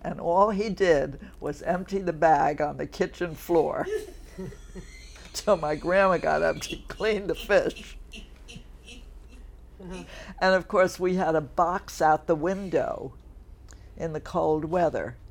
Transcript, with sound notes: And all he did was empty the bag on the kitchen floor till my grandma got up to clean the fish. [laughter] And of course, we had a box out the window in the cold weather.